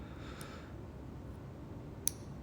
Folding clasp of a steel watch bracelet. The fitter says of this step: oh yeah that nice satisfying click yes pull it open like that